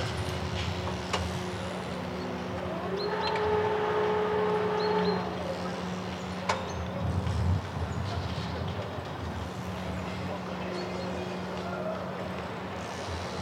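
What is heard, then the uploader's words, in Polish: Construction sounds fill the scene with a steady low rumble of machinery and traffic-like noise throughout. Around three to five seconds a tonal whine rises and holds, and sharp knocks and clanks land near one, six and a half, and seven and a half seconds. Lokalizacja: Ślęza, Klecina. Rekorder, mikrofon: sony pcm d50.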